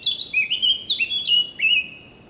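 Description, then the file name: Eurasian blackcap singing a short run of loud, clear fluty whistles flowing one into the next, fading at the end. "Sylvia atricapilla"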